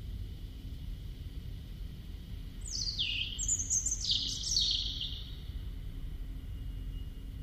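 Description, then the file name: European robin song: high, thin warbled phrases with rapid trills and descending slurs in quick succession, over a steady low background hiss. "Erithacus rubecula"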